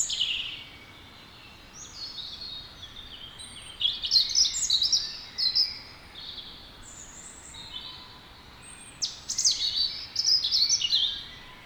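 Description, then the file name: European robin singing bursts of high, rapid, tinkling phrases separated by quieter pauses of several seconds, with a continuous low hiss in the background. "Erithacus rubecula"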